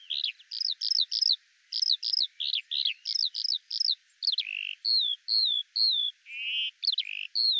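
Eurasian skylark song: high, rapid chirping phrases mixed with drawn-out whistled notes and buzzy trills.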